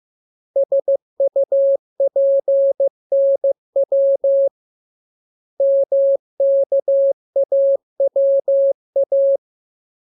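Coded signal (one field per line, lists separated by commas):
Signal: Morse code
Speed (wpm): 15 wpm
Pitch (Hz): 550 Hz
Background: none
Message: SUPNW MKAWA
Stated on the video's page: Lesson drill of letters, each radiogram opened with VVV and a section sign and closed with AR.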